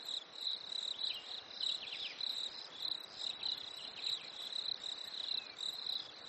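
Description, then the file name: Crickets keep up a shrill pulsing chirp while several quick falling bird notes sound at about two and four seconds. Nature ambience at a lake in winter, with crickets and birds. "smartsound ATMO NATURE Fresh Winter Lake Crickets Birds"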